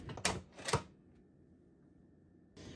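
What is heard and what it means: A lid is twisted closed on an electric pressure cooker pot holding water and beets. Short clicks are heard, and the strongest at 0.3 s is the lid locking on. A second loud clack follows near 0.7 s, then quiet until a burst of noise at the end.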